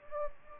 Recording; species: mosquito wingbeat signal from an infrared sensor; Anopheles gambiae